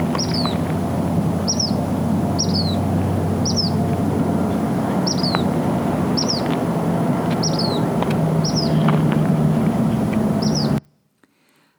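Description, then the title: Say's phoebe singing a series of brief descending whistled notes, roughly one per second in an uneven rhythm, with continuous low rumble beneath; sound stops abruptly near the end. Song, usually heard from the male patrolling territory early in the mating season. "What’s That Bird?: Say’s Phoebe"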